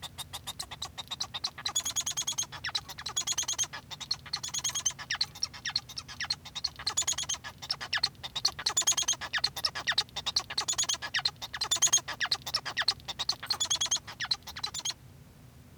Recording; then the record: song of a male Bengalese finch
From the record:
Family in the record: son of father 1